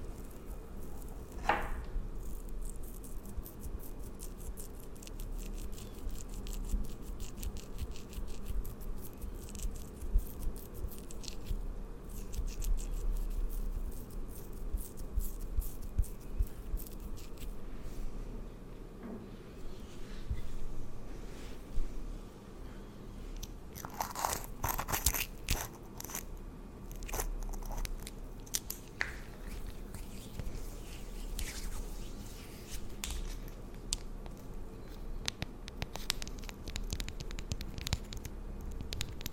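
Tingly layered sounds for skin and hair pampering: a steady low hush under frequent crisp crackles and taps, with a dense burst around 24 seconds.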